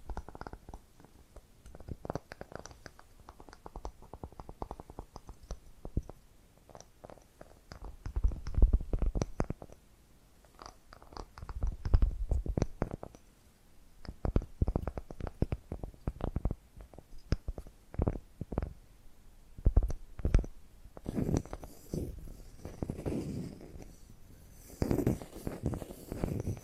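Tapping and scratching sounds come in irregular bursts of quick clicks and soft scrapes, with fuller low thuds around 8–12 seconds and brighter scratching near the end.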